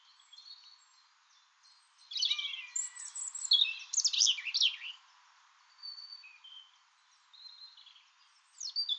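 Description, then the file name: European robin singing a rich, high, liquid phrase of fast trills and slurred notes midway, followed by quieter scattered high notes and a brief closing flourish. "Erithacus rubecula"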